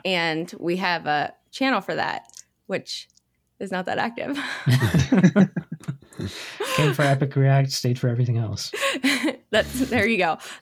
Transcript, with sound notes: And we have a channel for that, which is not that active. (laugh)
Came for Epic React, stayed for everything else.
There you go.